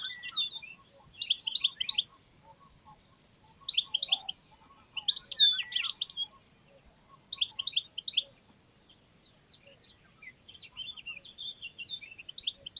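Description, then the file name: European goldfinch calls: bursts of rapid, tinkling, high chirps in clusters lasting about a second, separated by short pauses, with faint lower notes between. "Carduelis carduelis"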